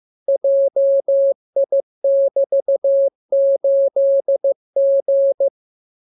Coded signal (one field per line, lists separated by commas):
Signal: Morse code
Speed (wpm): 15 wpm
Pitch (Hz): 550 Hz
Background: none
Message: JI<BT>8G